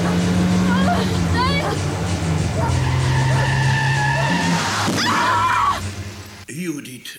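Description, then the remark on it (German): A truck skids as a woman runs in front of it, its tires letting out long, shrill, wavering squeals over a low engine rumble, loud throughout until the screech cuts off abruptly near the end. “Sie ist vor einen Lastwagen gelaufen.”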